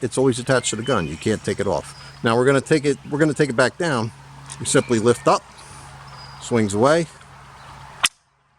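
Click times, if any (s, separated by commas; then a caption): 8.0 s. Someone talks while lifting the permanently attached folding steel bayonet of an SKS rifle, swinging it back down and folding it into its stowed position under the barrel. A single sharp click at 8.1 s marks the bayonet latching into place, followed by near silence.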